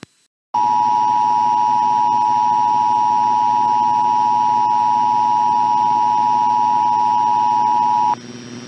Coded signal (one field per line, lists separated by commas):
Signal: Emergency Alert System (SAME) tones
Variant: 853 and 960 Hz attention tone